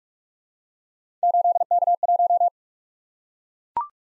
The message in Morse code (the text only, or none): 8K1